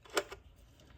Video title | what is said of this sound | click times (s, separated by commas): ASMR? Exploring Old Things- vintage Kodak Camera | out, and you get your bellows, and they lock into place. | 0.2 s